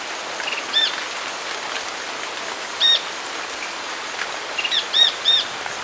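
Bird calls: thin arched notes, a few scattered, then a quick run of several, fairly faint over a noisy hiss.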